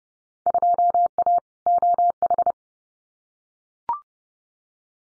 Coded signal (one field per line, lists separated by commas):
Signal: Morse code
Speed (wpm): 30 wpm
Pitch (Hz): 700 Hz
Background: none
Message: 2A OH